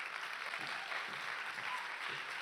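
An audience applauds steadily, a dense wash of many hands clapping at an even loudness throughout, with no voices standing out above it.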